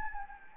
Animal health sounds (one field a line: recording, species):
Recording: mosquito wingbeat signal from an infrared sensor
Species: Anopheles gambiae